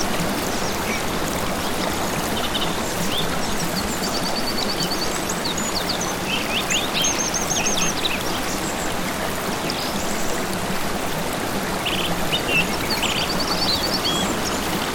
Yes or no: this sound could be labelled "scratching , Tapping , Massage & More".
no